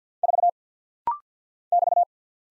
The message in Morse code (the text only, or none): 4 <BT>